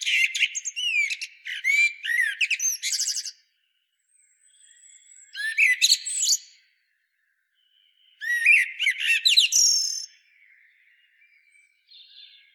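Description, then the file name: Common blackbird singing in three bursts of varied, squeaky and warbled high notes with rapid twittering, separated by pauses of a few seconds. "Turdus merula"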